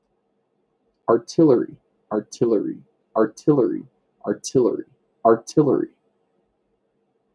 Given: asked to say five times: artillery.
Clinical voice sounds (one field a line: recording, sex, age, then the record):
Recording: repeated word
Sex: male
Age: 30 to 39 years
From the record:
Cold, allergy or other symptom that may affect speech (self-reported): no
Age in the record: 34 years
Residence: Arizona, United States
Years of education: 17